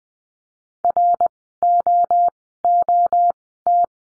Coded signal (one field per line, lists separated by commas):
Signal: Morse code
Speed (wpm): 20 wpm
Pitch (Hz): 700 Hz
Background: none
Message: ROOT